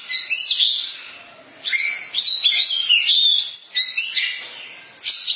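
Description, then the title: Oriental magpie-robin singing a varied medley of whistles, rapid chirps and trills, with a short lull before the song resumes loudly. Long-duration song. "Kacer Durasi Panjang"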